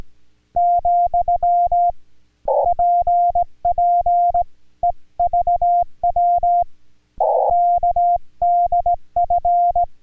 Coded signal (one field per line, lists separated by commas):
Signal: Morse code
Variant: Korean alphabet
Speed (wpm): 18 wpm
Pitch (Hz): 700 Hz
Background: music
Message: , 짧 은